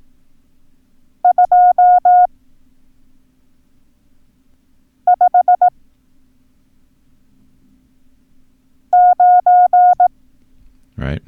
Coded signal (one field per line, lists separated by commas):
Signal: Morse code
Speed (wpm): 18 wpm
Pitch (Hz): 720 Hz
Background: speech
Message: 259